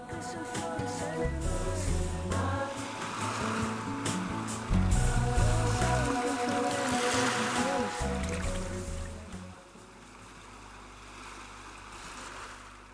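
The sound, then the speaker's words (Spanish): Ocean waves wash in a steady, hissing rush beneath sustained melodic music, the surf noise staying constant while the tones shift, then easing into a quieter, softer wash near the end. “Qué bueno, con el mar de fondo.”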